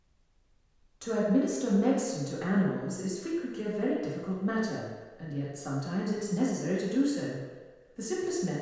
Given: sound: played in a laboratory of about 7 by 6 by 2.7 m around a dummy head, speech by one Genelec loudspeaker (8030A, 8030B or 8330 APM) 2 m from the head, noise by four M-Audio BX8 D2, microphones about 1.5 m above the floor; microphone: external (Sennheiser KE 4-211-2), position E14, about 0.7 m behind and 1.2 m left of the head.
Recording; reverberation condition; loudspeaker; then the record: female speech in English; high; behind (180 degrees)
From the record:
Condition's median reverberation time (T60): about 1300 ms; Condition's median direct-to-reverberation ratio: about -4.0 dB